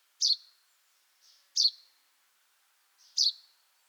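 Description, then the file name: Common chaffinch calling with three sharp, high, clipped notes about one and a half seconds apart, the last two each preceded by a faint softer note. "Fringilla coelebs"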